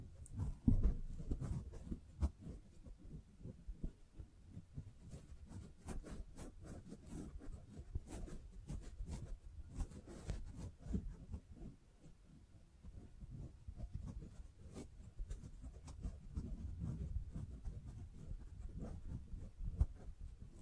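Scratching, tracing and tapping on a surface, a dense run of soft, low rubbing strokes punctuated by sharp little taps throughout the 21 seconds. The scraping swells and eases irregularly, busiest near the start and again toward the end.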